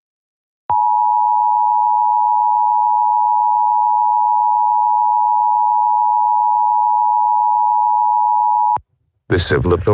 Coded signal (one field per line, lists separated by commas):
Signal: Emergency Alert System (SAME) tones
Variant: 853 and 960 Hz attention tone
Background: speech